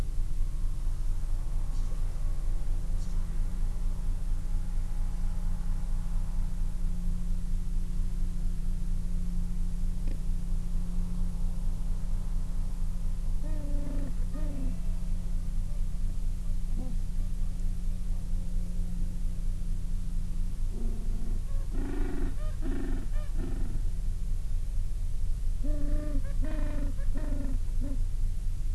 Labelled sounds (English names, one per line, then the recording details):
Gentoo Penguin
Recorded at the colony at Almirante Brown, Antarctica, on 14 December 2015
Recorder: Song Meter SM2+